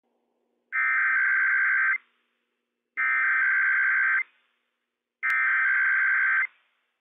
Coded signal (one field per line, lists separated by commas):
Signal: Emergency Alert System (SAME) tones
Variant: header bursts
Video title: IPAWS Required Weekly Test - WWF56 - EAS #110 - 11:00 AM PDT 6/7/21